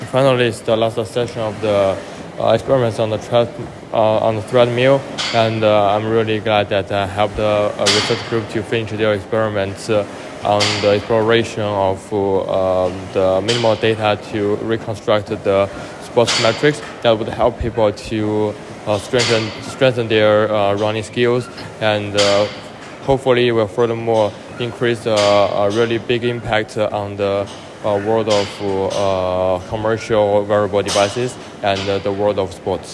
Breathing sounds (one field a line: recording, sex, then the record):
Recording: free speech after running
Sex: male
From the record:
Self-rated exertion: moderate exertion (3 of 6)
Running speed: 7 miles an hour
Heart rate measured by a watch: 127 beats a minute at the start, 129 at the end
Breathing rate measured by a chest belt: 19 breaths a minute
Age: 24 years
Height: 183 cm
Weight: 71 kg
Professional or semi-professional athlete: no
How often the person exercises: 1 to 2 times a week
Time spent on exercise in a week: under 1 hour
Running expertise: no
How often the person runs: under once a week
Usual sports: tennis